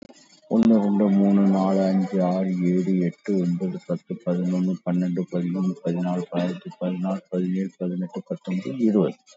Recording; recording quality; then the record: counting at a fast pace; excellent, no background noise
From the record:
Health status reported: COVID-19 positive, mild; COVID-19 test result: positive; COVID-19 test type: RT-PCR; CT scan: taken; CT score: 10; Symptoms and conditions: sore throat, hypertension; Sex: male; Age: 56 years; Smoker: no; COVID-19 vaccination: one dose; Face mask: worn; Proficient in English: yes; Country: India